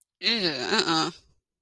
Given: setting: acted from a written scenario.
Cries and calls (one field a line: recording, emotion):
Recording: vocal sound without words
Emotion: disgust